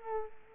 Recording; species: mosquito wingbeat signal from an infrared sensor; Culex quinquefasciatus